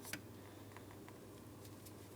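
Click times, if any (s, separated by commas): none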